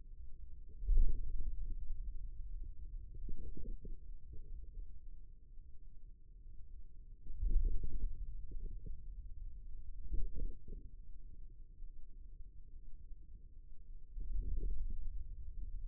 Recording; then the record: forearm muscle sounds (acoustic myography)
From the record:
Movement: wrist extension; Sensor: system 2, bracelet of six BSWA MPA416 microphones around the upper forearm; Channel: 3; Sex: male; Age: 22 years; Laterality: right